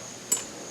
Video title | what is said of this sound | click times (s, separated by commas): HAWK CRAWLER DEER CART | locks in place all the time | 0.3 s